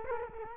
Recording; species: mosquito wingbeat signal from an infrared sensor; Culex quinquefasciatus